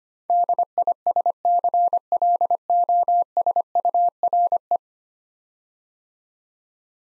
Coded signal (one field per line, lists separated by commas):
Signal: Morse code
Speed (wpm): 25 wpm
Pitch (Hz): 700 Hz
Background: none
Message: DISCLOSURE